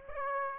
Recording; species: mosquito wingbeat signal from an infrared sensor; Aedes aegypti